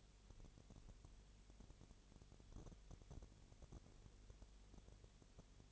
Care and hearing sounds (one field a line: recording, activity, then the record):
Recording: daily activity, microphone in the room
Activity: no activity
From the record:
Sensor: 4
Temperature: 22.7 degrees Celsius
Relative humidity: 32.0%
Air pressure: 1008.1 hPa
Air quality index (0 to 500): 114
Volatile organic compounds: 2 ppm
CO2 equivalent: 1105 ppm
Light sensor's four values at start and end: 2/3/1/1 and 2/3/1/1